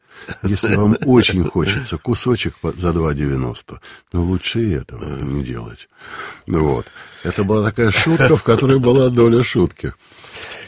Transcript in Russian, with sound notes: Если вам очень хочется, то кусочек за два девяносто. Но лучше и этого не делать». (Смеются.) Это была такая шутка, в которой была доля шутки.